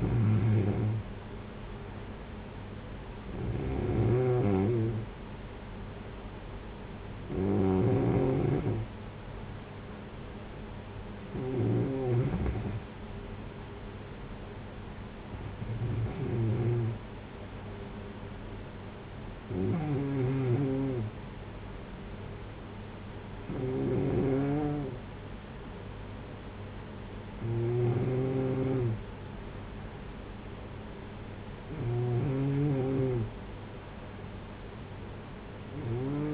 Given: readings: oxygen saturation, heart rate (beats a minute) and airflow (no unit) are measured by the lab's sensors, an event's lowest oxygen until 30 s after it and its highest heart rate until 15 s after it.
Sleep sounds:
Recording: breathing in sleep by a voice recorder at the bedside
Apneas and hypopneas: none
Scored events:
none scored
From the record:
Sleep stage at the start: N2 (light sleep)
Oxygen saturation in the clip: 94%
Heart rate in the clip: 55 to 59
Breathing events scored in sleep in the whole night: 226 in 8.8 hours asleep

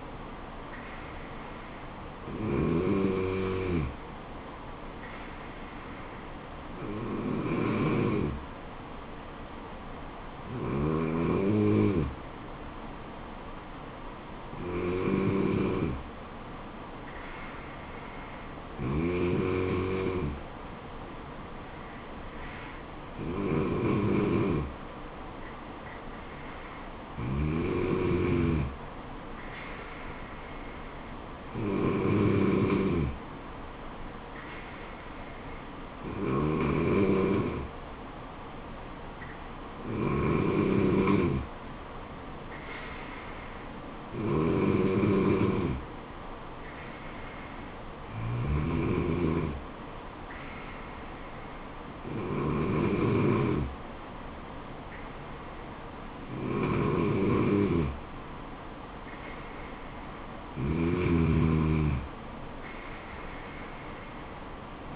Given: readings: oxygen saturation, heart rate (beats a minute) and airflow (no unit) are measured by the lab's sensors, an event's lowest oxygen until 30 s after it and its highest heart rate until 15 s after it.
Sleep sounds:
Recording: breathing in sleep by a voice recorder at the bedside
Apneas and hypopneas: none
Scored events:
none scored
From the record:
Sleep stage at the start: N2 (light sleep)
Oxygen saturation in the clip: 94 to 95%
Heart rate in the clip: 64 to 76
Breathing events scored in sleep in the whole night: 426 in 7.4 hours asleep

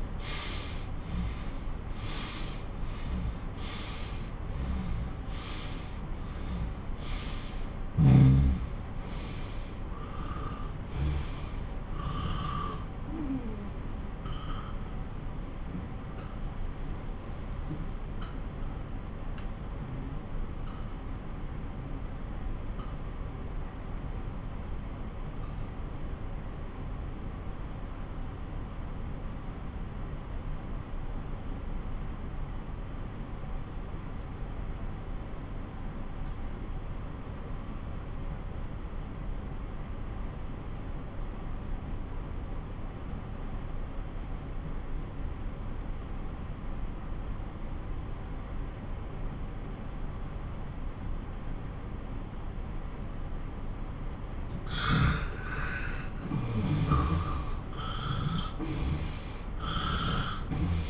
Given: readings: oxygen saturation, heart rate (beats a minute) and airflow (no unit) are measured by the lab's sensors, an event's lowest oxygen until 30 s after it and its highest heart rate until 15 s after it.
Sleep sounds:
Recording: breathing in sleep by a smartphone at the bedside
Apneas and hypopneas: 1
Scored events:
11.00-53.90 s: obstructive apnea (N2, oxygen 97% highest, then 87% lowest)
48.00-60.90 s: new sleep stage, N1 (lightest sleep)
From the record:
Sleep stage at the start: N2 (light sleep)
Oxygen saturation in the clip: 84 to 97%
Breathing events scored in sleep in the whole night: 217 in 6.3 hours asleep

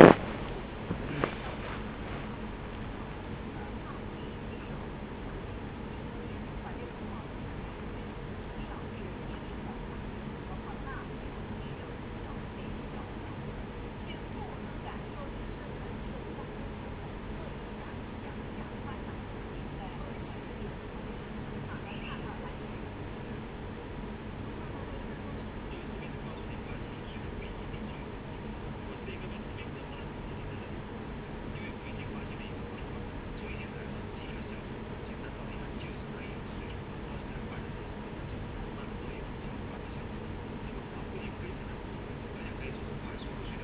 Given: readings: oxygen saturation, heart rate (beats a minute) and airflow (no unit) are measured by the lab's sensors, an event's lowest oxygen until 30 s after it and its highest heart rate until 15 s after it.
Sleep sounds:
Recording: a person awake in a sleep study, by a voice recorder at the bedside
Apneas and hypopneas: none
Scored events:
0.00-43.64 s: awake
From the record:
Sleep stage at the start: awake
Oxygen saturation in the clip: 94 to 96%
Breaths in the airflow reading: 13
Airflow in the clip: -5.2 to 6.5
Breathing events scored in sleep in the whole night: 335 in 6.7 hours asleep

